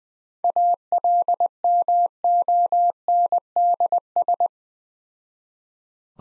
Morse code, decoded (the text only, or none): ALMONDS